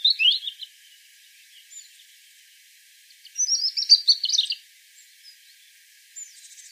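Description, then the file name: European robin song: a short high twittering phrase, a long pause, then a brighter jumbled trill and faint notes at the end. "Erithacus rubecula"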